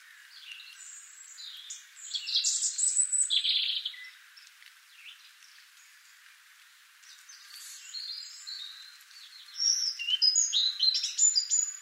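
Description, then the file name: Song of a European robin: a rich run of high jumbled warbling notes, then a quiet pause with faint thin whistles, and another bright tinkling phrase, over light hiss. "Erithacus rubecula"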